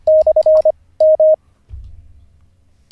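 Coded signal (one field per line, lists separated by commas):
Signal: Morse code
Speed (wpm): 26 wpm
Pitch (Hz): 620 Hz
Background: none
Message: / M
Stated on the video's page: A ham learning Morse, day 47 of daily ten-minute practice, live streamed.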